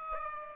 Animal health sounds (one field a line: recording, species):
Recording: mosquito wingbeat signal from an infrared sensor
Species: Aedes aegypti